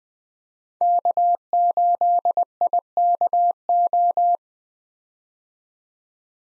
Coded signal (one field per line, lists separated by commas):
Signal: Morse code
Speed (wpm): 21 wpm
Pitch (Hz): 700 Hz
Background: none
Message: K8IKO